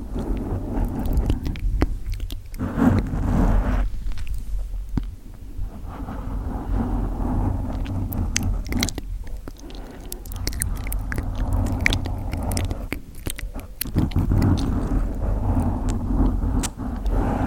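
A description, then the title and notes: Mic scratching and gentle mouth sounds run through the whole clip, a low, steady rumbling rub under a stream of quick clicks and crackles. Sharp ticks come irregularly, bunching thickly around 12 to 14 seconds, with a brief quieter lull near 10 seconds. ASMR Mic Scratching & Gentle Mouth Sounds.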